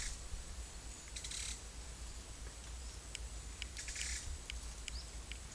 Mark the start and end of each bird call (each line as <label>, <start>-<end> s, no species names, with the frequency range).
bird call (2.2-8.9 kHz), 1.18-1.74 s
bird call (1.9-8.8 kHz), 3.68-4.51 s